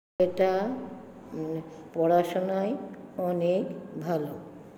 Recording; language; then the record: elicited speech; Bengali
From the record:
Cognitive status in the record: dementia